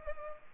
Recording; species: mosquito wingbeat signal from an infrared sensor; Culex pipiens